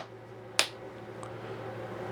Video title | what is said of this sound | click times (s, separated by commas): Drag Chain For Your Laser | that's locked back in there so then you're ready to go that's all there is to it | 0.6 s